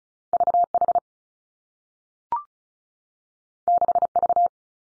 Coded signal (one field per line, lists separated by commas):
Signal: Morse code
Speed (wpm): 36 wpm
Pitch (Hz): 700 Hz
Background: none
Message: V H 6 V